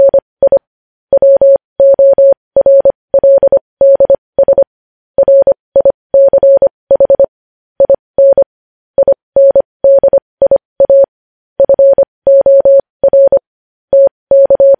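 Morse code is keyed as a single clean mid-pitched tone, broken into short dots and longer dashes with brief gaps between letters. The sending is steady and continuous for the whole stretch, with faint clicks at each key press and silence in between.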